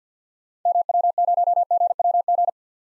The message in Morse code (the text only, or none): MW0GWG